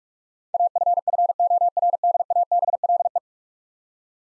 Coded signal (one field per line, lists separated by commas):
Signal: Morse code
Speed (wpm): 46 wpm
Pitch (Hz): 700 Hz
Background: none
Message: AFFORDABLE